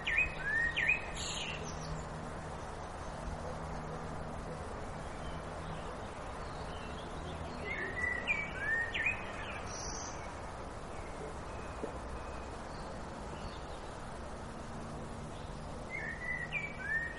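Outdoor nature sounds with a steady, soft hiss of background noise and a faint low hum. Short bright bird chirps come in small clusters near the start, around eight to nine seconds, and again at the end, with quieter calls scattered between.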